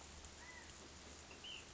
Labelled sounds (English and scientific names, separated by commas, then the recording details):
Ash-throated Flycatcher (Myiarchus cinerascens)
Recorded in Sonoma County, California